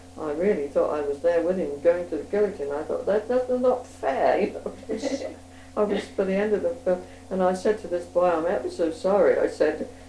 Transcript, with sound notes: I really thought I was there with him, going to the guillotine. I thought, that's just not fair, [laughs] you know. [laughs] I was, by the end of the film. And I said to this boy, "I'm ever so sorry," I said.